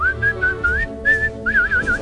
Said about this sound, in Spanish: Ahí suave, …, ahora sí puedes silbar bien.